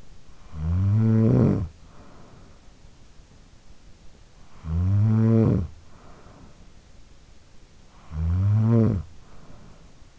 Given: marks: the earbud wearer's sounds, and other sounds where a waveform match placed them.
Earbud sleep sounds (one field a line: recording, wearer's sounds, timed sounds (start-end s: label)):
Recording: sounds in sleep by an in-ear microphone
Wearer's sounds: snoring breath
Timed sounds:
0.00-2.89 s: snoring breath
3.91-7.01 s: snoring breath
7.69-10.19 s: snoring breath